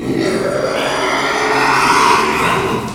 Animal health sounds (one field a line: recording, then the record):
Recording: squeal of a Yucatan mini pig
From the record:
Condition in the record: after surgery on the right vocal fold (resection and tissue-engineered implant)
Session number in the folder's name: 1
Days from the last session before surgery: 6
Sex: male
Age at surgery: 12 weeks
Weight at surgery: 13 kg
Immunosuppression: cyclosporine, prednisolone